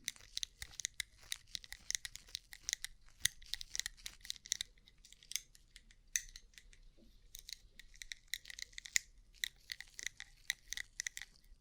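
Rhinestone-covered tapping: quick, dense bursts of small hard clicks and crackles with a bright, glittery edge, almost like crunching. The taps come in busy clusters with short pauses, notably a quieter gap around six to seven seconds, then resume.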